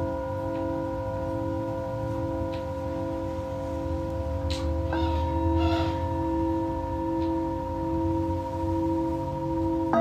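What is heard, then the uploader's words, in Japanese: A Tibetan singing bowl hums with a steady, sustained ring, several clear tones layered over a low rumbling drone. Around the middle the ringing shifts slightly as the bowl is touched again, with faint brief rustles and clicks near four to six seconds. 深夜のシンギングボウルのサウンドヒーリング。チベタンシンギングボウル。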